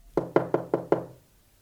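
Five firm knocks on a door along a corridor in a steady, even rhythm, each a sharp thud with a short decay, followed by quiet.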